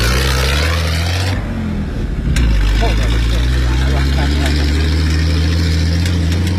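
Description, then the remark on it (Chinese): An off-road vehicle with a rear-mounted engine and four rear tires drones with a deep, steady rumble while dune bashing in the desert, then surges louder partway through as it charges forward, revving hard and holding a strained, rising roar under a wash of wind and rattling noise. “我刚才真的是我拿着手机在录音，然后他开始冲的时候就说等一下等一下，然后就开始冲了，我的手机一直没放到包里。”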